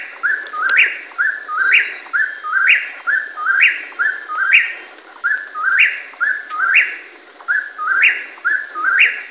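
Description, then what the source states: Eastern whip-poor-will singing its loud whistled phrase, repeated about once a second, with a faint hiss behind. 6 June 2006.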